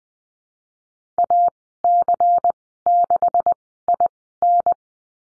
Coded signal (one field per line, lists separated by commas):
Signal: Morse code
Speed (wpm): 20 wpm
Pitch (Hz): 700 Hz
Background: none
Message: AC6IN